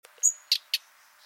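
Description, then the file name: Common nightingale calling: a thin high whistle followed by two short dry clicking notes, then a faint trailing note. "Luscinia megarhynchos"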